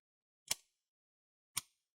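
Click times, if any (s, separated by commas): 0.5 s, 1.6 s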